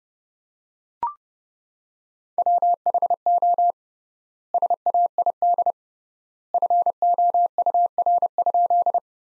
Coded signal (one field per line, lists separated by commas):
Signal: Morse code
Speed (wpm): 32 wpm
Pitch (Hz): 700 Hz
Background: none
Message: WHO SAID FOUR?